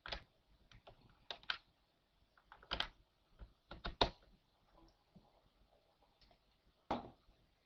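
Irregular sharp clicks from a computer mouse and keyboard, some single taps and some quick clusters, separated by short quiet gaps. No one speaks.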